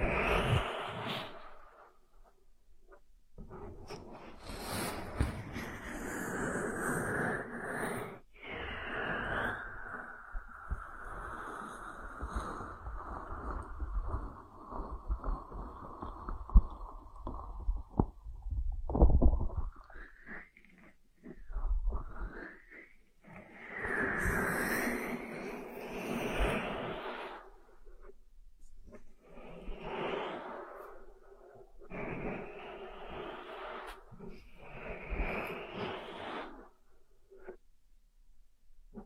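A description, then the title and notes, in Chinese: Ear massage: soft rubbing and brushing sounds in long muffled sweeps, with a low, airy rush that swells and fades. A continuous stretch runs through the first twenty seconds, then shorter bursts with brief pauses follow, including brighter scratchy strokes around the middle and toward the end. 按摩耳朵，一些让人放松的声音。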